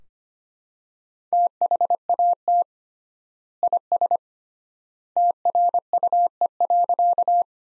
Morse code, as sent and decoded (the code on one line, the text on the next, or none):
- .... .- - / .. ... / - .-. ..- . .-.-.-
THAT IS TRUE.